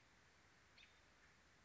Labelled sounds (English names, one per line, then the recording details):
American Robin
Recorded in Sonoma County, California